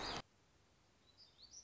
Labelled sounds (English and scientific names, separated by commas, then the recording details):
Black-throated Gray Warbler (Setophaga nigrescens)
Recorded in Sonoma County, California